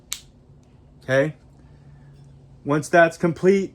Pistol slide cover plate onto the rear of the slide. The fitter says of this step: and then the cover plate will just snap into place